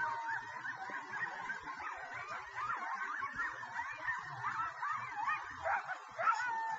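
Coyotes in a chorus of wavering, overlapping howls, continuous throughout, with one sharp squeal near the end.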